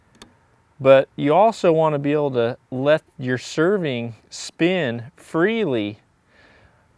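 A plastic arrow nock is clipped onto the served centre of a bowstring and seats with a sharp click at 0.2 s, just before someone talks.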